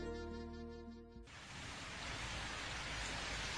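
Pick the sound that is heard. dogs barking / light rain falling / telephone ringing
light rain falling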